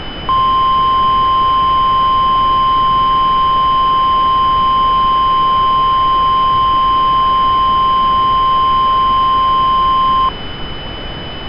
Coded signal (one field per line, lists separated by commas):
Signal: Emergency Alert System (SAME) tones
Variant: 1050 Hz attention tone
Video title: What the...? (EAS MOCK)